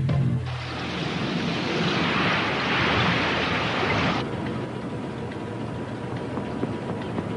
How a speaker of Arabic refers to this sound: اهدأوا، دوما يوجد طقس سيء في البحر.